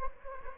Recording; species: mosquito wingbeat signal from an infrared sensor; Anopheles gambiae